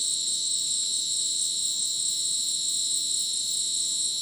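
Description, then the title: Dense cricket chirping, several unbroken shrill tones stacked together, steady and even throughout. Dense insect chorus like a polyrhythmic electronic concert, Madidi National Park, Ucumari, Bolivia; rainforest after sunset; AT BP4029 microphone, MixPre 6 recorder. "Madidi National Park, Ucumari, Bolivia - Supersonic Crickets in the rainforest"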